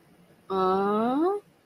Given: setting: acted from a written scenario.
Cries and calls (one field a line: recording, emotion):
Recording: vocal sound without words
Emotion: confusion